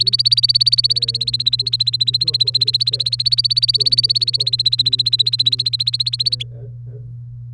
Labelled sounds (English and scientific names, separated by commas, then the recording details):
Domestic Canary (Serinus canaria) song
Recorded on 30 April 2018 at 13:45
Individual llb3